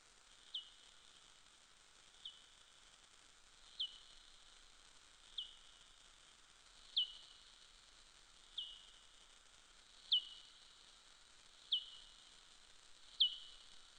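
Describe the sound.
Soprano pipistrelle echolocation: nine faint downward-sweeping pulses at steady intervals over a constant hiss.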